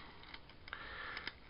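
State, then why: Seated. A plastic toy jet engine piece is pressed down into a plastic toy body, giving a few light ticks and clicks. It snaps down and locks into place with a sharp click at 0.7 s.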